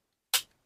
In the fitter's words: that is heavy duty. Did you hear that click?